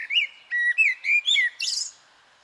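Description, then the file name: Eurasian blackbird song: several mellow fluted notes in a row, ending in a high squeaky twitter. "Turdus merula"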